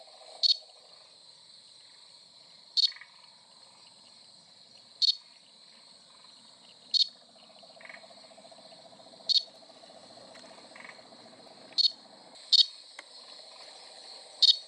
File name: crinia deserticola